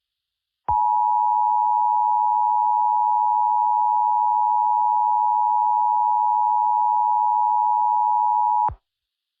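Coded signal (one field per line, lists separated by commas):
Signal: Emergency Alert System (SAME) tones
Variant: 853 and 960 Hz attention tone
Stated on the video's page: Fictional scenario, not a real alert.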